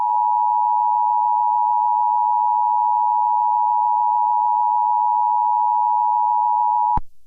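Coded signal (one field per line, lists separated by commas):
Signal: Emergency Alert System (SAME) tones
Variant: 853 and 960 Hz attention tone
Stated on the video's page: Fictional EAS scenario made with CapCut.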